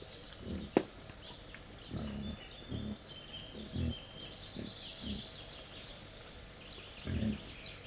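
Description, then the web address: Wild boar giving short low grunts, repeated irregularly about every second, while small birds chirp and whistle behind. Wild boar at a laid-out feeding table, Jászberény Zoo, 1 May 2015. "allathangok jaszberenyizoo 2015 professzionalis vaddiszno teritettasztal c 05 01"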